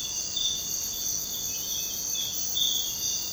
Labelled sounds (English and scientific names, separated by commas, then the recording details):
none
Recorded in secondary vegetation near Puerto Asís, Putumayo, Colombia, on 23 June 2025 at 05:30
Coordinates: 0.484, -76.319
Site G074